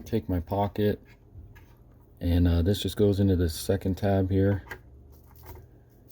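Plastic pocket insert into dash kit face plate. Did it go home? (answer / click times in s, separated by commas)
no / none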